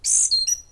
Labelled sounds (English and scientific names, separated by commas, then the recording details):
Stitchbird (Notiomystis cincta) song
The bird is a male
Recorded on Tiritiri Matangi Island, New Zealand, in 2005
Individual 4, of nest box 4